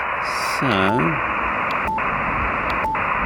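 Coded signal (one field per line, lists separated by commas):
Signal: none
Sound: radio's button beeps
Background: speech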